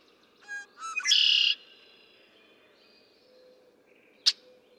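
Red-winged blackbird song: two short stuttered notes, then a harsh buzzy trill lasting about half a second, followed by faint bird calls and a sharp click.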